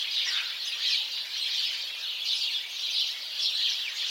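House sparrow chirps in a dense, continuous chattering chorus, many birds calling at once with swells in loudness.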